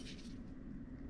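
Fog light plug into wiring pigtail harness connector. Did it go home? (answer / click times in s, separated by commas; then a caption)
no / none. A Diode Dynamics SS3 Sport LED fog light plug for a 3rd Gen Tacoma is being handled and lined up, button side, to push straight into the wiring pigtail harness connector. Only a steady low hum with faint rustling is heard, with no sharp sounds. The clip ends before the plug goes home, so nothing has seated or clicked yet.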